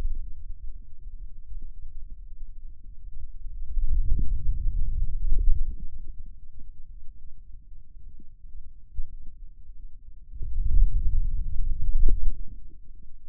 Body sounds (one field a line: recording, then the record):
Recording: forearm muscle sounds (acoustic myography)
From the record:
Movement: wrist extension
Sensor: system 2, bracelet of six BSWA MPA416 microphones around the upper forearm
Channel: 3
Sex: male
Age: 22 years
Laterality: right